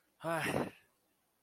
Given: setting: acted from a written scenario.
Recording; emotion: vocal sound without words; serenity